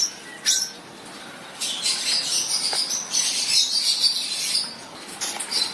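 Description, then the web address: Fischer's lovebird chatter: an opening sharp squeak, then after a pause a long stretch of busy, shrill twittering and squeaky notes. Lovebirds, genus Agapornis, singing. "golosa ptic kak poyut popugai nerazlucniki agapornis. parrots agapornis-fischeri"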